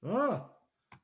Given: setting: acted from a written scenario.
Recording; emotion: vocal sound without words; negative surprise